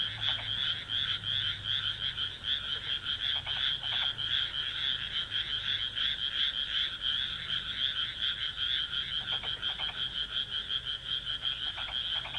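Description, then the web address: Frog giving a bright buzzing trill that pulses rapidly throughout, with short lower clicking bursts now and then and a faint low hum underneath. "kaeru kaeru"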